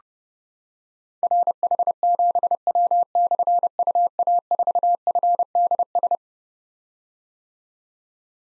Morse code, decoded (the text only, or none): RH7W/UA4FDS